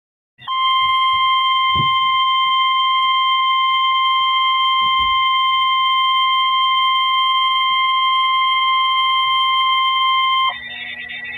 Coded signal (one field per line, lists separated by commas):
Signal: Emergency Alert System (SAME) tones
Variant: 1050 Hz attention tone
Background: speech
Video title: EAS #38